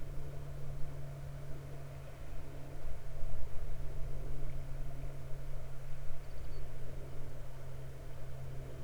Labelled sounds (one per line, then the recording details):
water
aircraft
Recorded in the Prudhoe Bay oil fields, Alaska, on 21 June 2019 at 05:07
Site 14